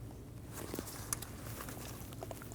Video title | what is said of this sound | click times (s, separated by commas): How to Replace Alternator 2012-2022 Volkswagen Passat (2.5L L5) | Install the connector. Push until you hear a click. | 1.1 s